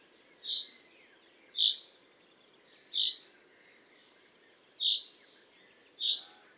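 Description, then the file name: Common chaffinch calling with sharp single notes, five spaced unevenly over six seconds, with faint twittering from other birds and low steady hiss behind. "Fringilla coelebs"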